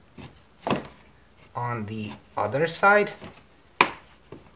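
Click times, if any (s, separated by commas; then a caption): 3.8 s. A plastic trim tool is pushed in at the second plastic retaining clip of a plastic bumper covering while someone talks. A sharp click at 3.8 s is the clip releasing.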